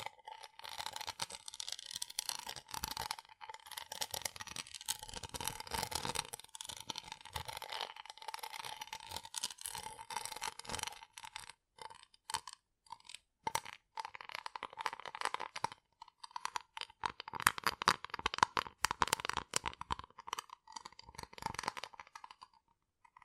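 Rough scratching and picking noises crackle close to the mic in dense, uneven bursts, like crinkling and tearing, with brief pauses near 11 and 16 seconds. A faint steady mid-pitched whine runs underneath the whole time.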